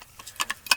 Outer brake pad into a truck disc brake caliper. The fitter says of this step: that if I could do it with one hand but anyway they snap into place like that and the